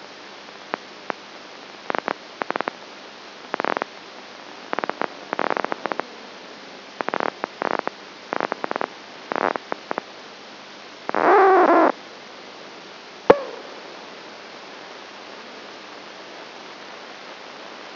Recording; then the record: brain microelectrode recording played as sound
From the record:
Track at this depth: inside the subthalamic nucleus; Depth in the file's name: 0.902 mm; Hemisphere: right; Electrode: 2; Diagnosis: Parkinson's disease